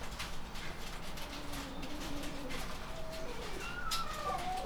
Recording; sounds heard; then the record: poultry house recording; healthy chickens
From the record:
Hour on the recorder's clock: 12